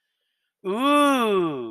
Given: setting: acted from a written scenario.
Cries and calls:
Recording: vocal sound without words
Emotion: awe

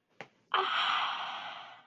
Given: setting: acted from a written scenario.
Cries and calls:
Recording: vocal sound without words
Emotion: serenity

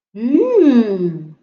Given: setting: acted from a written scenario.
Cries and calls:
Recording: vocal sound without words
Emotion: interest

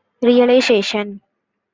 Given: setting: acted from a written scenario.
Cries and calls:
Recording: vocal sound without words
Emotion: realization

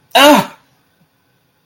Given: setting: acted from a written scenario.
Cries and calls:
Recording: vocal sound without words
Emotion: pain

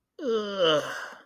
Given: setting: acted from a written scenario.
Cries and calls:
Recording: vocal sound without words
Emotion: disgust

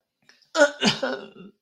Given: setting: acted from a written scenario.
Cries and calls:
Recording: vocal sound without words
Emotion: shame

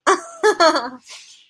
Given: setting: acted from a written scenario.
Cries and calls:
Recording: vocal sound without words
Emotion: amusement

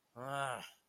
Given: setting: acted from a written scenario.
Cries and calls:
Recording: vocal sound without words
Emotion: anger

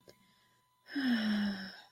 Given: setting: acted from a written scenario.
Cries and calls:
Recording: vocal sound without words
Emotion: serenity

